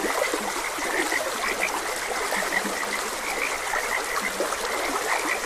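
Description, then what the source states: Frog chorus of quick, repeated croaks and a few deeper notes, carried over steady flowing water. Frogs croaking beside a gentle stream.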